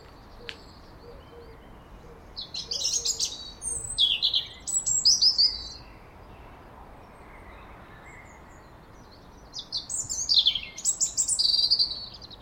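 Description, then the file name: European robin song in two separated phrases of fast, high, jangling trills and thin whistles, with a long quiet gap between them. "Erithacus rubecula"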